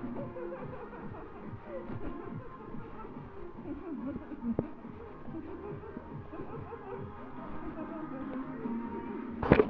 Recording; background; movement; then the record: laughter; music; walking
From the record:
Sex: female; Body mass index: 36.4 kg/m2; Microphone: on the chest, facing the body